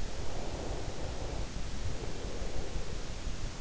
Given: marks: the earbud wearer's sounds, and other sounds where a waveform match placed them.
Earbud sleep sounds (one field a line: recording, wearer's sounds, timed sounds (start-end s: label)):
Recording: sounds in sleep by an in-ear microphone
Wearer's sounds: breath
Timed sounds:
0.32-3.61 s: breath